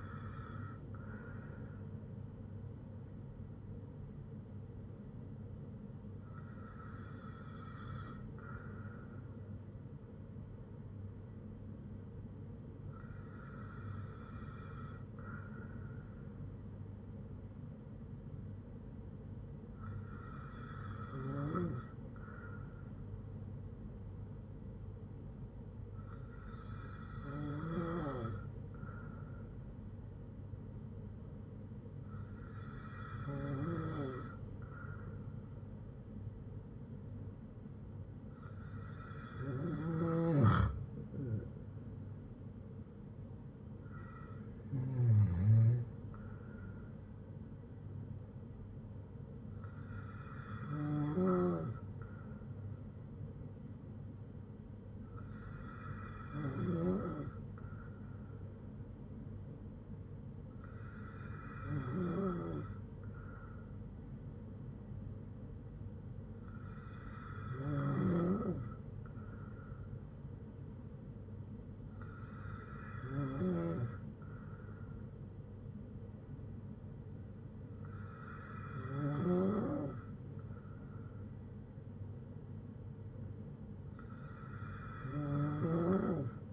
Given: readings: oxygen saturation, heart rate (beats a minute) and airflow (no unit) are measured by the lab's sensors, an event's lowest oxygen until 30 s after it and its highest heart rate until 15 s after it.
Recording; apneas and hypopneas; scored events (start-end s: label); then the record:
breathing in sleep by a smartphone at the bedside; none
none scored
From the record:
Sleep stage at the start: N2 (light sleep); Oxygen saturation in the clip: 94 to 96%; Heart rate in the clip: 54 to 62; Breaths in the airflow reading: 15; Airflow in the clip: -6.5 to 4.6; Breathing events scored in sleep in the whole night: 182 in 7.4 hours asleep